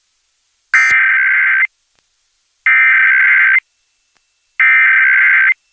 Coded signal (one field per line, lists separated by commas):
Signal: Emergency Alert System (SAME) tones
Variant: header bursts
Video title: NATIONAL EAS TEST OCTOBER 4 2023 AS SEEN AND HEARD IN LAREDO, TX + ALERT IN SPANISH (EAS #99-107)